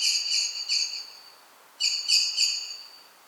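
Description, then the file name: Common blackbird calling in two short runs of high, metallic notes, three or four notes in each run, with a pause of about a second between them. "Turdus merula"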